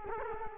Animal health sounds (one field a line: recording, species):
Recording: mosquito wingbeat signal from an infrared sensor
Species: Culex quinquefasciatus